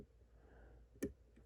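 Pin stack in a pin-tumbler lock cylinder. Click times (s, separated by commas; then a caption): 1.0 s. While a pin-tumbler lock cylinder is picked pin by pin, pin 5 is lifted until it sets at the shear line with a sharp, clear click at 1.0 s over a quiet low hum. The pin is seated.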